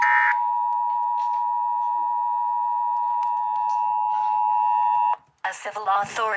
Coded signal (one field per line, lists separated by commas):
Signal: Emergency Alert System (SAME) tones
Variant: 853 and 960 Hz attention tone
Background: speech